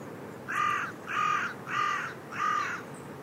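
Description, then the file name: Carrion crow giving four hoarse, rasping caws in steady succession over a faint background hiss. "Corvus corone"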